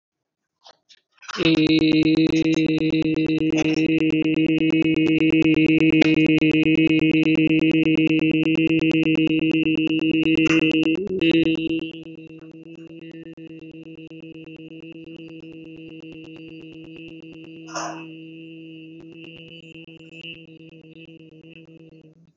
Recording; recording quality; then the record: sustained vowel as in made; moderate, slight background noise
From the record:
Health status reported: healthy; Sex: male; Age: 39 years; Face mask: worn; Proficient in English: yes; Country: India